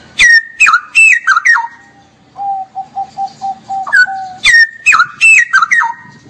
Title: mster Mnuk. Masteran Burung CUCAK ROWO. Cucak Rowo Ropel Gacor